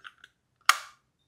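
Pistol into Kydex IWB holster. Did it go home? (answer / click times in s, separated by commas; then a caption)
yes / 0.7 s. A pistol is pushed into a slim Kydex inside-the-waistband holster: two faint, light ticks near the start give way to a sharp, bright click at 0.7 s with a short ringing tail. The retention engages and the pistol is locked in place.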